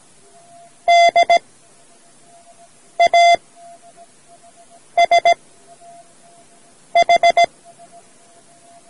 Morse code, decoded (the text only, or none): DASH